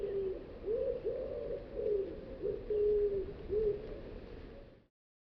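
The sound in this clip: Bird cooing softly in a run of low, rounded notes over a hissing background, the sound fading out near the end.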